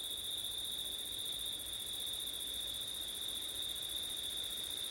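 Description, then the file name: Cricket: unbroken shrill trilling, steady and uniform from start to end. Crickets on a September night with wind; ORTF (ortif) recording. "crickets wind september night ortif"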